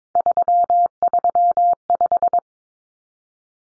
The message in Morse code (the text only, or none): 335